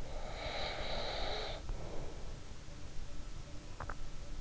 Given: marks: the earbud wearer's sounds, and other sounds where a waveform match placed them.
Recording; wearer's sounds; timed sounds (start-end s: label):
sounds in sleep by an in-ear microphone; breath
0.02-2.30 s: breath